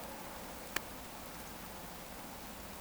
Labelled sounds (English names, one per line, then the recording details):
Eurasian Woodcock whistle
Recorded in Baden-Württemberg, Germany, on 14 June 2020 at 20:25 UTC
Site 14569, 102 m above sea level